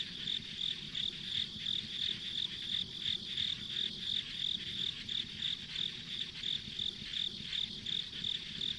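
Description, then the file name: Many insects chirping together, bright high pulses repeated at a brisk even rhythm over a sustained buzzing drone. Ambient insect sounds recorded along a rural country road. "田舎道の虫の環境音"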